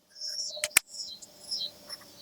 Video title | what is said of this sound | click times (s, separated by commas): MY MOTO VLOG SET UP | Locks into place. | 0.8 s